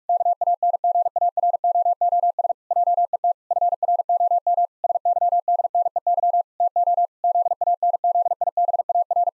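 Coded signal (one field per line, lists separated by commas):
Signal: Morse code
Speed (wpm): 41 wpm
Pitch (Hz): 700 Hz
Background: none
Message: KANGAROOS JET FROM SYDNEY TO ZANZIBAR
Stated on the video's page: Morse practice at 45 wpm, pangrams for head-copy, each sent in Morse, spoken, then sent again.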